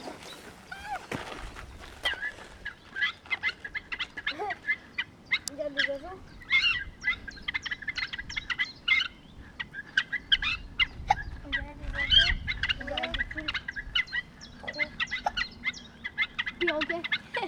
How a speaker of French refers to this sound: En fait, là, celui-là, regardez, c'est un tube de bambou que j'ai ouvert, comme ça j'ai fait une rainure dedans, et le vent il va s'engouffrer dans la rainure, et en allant dans la rainure il va faire des sons. Je vous fais écouter ça.